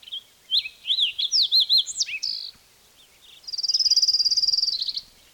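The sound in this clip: Fox Sparrow song: a phrase of sweet slurred whistles rising and falling, followed after a pause by a long even buzzy trill.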